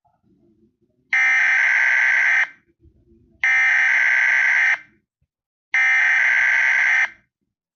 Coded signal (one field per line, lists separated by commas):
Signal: Emergency Alert System (SAME) tones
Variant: header bursts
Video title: Bendy and the ink machine the eas scenario 2014